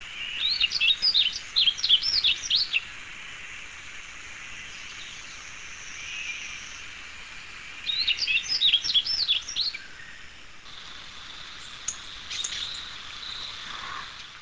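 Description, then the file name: Yellow-throated bunting singing, two brief phrases of high, quick chirping notes several seconds apart, with a steady background hiss and a few faint calls later. "miyamahoojiro"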